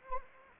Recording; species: mosquito wingbeat signal from an infrared sensor; Anopheles arabiensis